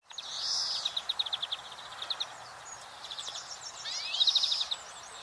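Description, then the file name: European greenfinch calls: a wheezy note followed by a rapid series of chirping trills, pausing, then another buzzy note and short trill near the end. "Chloris chloris"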